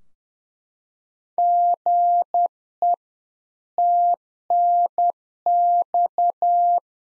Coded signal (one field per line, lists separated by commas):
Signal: Morse code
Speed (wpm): 10 wpm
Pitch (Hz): 700 Hz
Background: none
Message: GE TNX